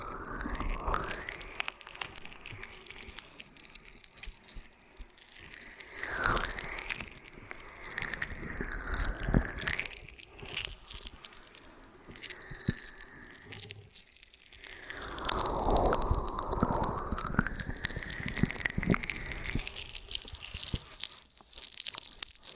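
Ear and scalp massage sounds fill the recording: dense, crackly rubbing and squishing with wet, dripping clicks throughout. Sweeping whooshes rise and fall in pitch every few seconds, strongest around 6 and 15–17 seconds, over a steady textured hiss.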